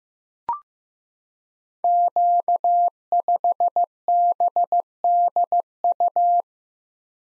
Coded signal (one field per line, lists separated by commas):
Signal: Morse code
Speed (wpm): 15 wpm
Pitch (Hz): 700 Hz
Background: none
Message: Q5BDU